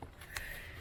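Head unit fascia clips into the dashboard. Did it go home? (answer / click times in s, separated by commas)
yes / 0.4 s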